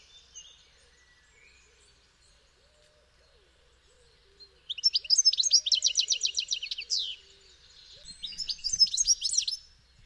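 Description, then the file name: European goldfinch bursts of fast tinkling twitter after a quiet start, a rapid run of repeated chirps then a shorter sparkling phrase. "Carduelis carduelis"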